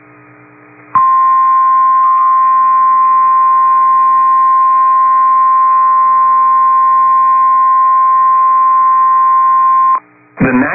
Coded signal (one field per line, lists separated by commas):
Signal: Emergency Alert System (SAME) tones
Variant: 1050 Hz attention tone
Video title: Severe Thunderstorm Warning #2 - 04/05/23 (EAS #2,720)